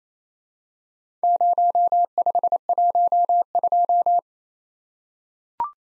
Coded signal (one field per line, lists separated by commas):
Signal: Morse code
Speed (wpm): 27 wpm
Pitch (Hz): 700 Hz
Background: none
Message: 0512